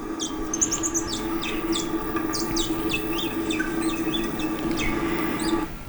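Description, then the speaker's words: Naked mole-rat courtship song: many short high chirps in quick irregular succession, over a steady low hum. Courtship song from a male; played during a lecture. "So on the top here, you're going to hear a courtship song, which is from a male."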